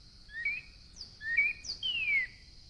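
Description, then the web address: Northern cardinal song of paired rising whistles and a long descending slurred whistle, a steady high-pitched hum running throughout. "birds Northern Cardinal"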